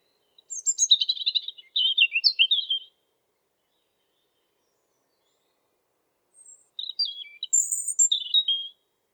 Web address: geluiden roodborst zang